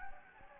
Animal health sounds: mosquito wingbeat signal from an infrared sensor; Anopheles gambiae

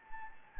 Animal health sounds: mosquito wingbeat signal from an infrared sensor; Anopheles gambiae

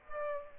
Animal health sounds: mosquito wingbeat signal from an infrared sensor; Aedes aegypti

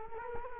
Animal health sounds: mosquito wingbeat signal from an infrared sensor; Culex quinquefasciatus

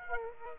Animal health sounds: mosquito wingbeat signal from an infrared sensor; Aedes aegypti

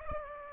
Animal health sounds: mosquito wingbeat signal from an infrared sensor; Aedes aegypti

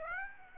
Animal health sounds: mosquito wingbeat signal from an infrared sensor; Aedes aegypti

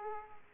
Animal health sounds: mosquito wingbeat signal from an infrared sensor; Aedes aegypti

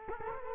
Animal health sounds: mosquito wingbeat signal from an infrared sensor; Culex quinquefasciatus

